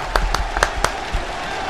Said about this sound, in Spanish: Venga, otro aplauso y pasamos. Pero bueno, un aplauso también para esto, sinceramente.